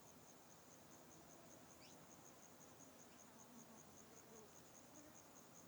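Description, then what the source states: Cricket chirping, a high, thin pulsed trill repeating steadily throughout, heard faintly beneath a broad hiss, with a few brief rising chirps. Insects in a deforested area.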